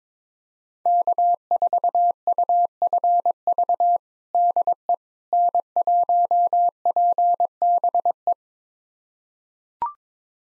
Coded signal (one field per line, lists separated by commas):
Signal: Morse code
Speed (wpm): 22 wpm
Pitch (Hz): 700 Hz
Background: none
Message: K4UFV DE N1PBE